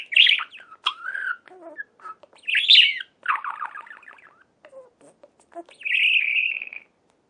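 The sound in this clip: Budgerigar warbling song: a busy run of chattering, squeaky notes and short whistles, broken by brief pauses, ending in a sustained buzzy chirr.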